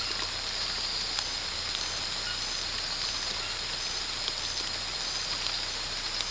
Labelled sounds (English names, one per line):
none